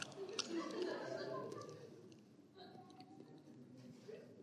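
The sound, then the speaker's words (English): A voice imitates a cow chewing gum: a run of wet smacking, squelching mouth noises with some voiced murmuring, loudest in the first couple of seconds, then softer. “And then we have the attitude of the cow.”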